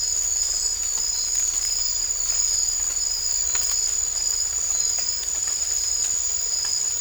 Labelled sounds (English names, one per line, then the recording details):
none
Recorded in dense forest near Puerto Asís, Putumayo, Colombia, on 16 December 2024 at 02:30
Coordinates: 0.500, -76.322
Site G053